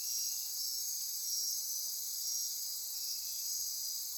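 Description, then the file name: Insect chorus, continuous piercing high whine with faint flickering pulses on top, steady in level for the whole stretch. Insect chorus recorded at midnight near Corcovado. "Wind-is-the-Original-Radio-Fridays 20240628 Andy-Martin Midnight-Insect-Chorus-Near-Corcovado"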